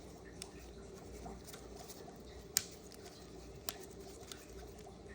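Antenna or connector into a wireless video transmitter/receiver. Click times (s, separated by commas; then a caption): 2.6 s, 3.7 s. A green, colour-coded antenna or connector is pushed into an Accsoon CineView Master 4K wireless video transmitter/receiver unit. Two sharp clicks sound at 2.6 s and 3.7 s over a low background hiss, with a few fainter ticks around them. The part is seated.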